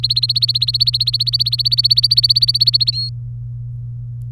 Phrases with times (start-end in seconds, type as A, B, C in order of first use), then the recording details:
0.00-2.91 A, 2.92-3.09 B. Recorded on 23 April 2018 at 15:01. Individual llb3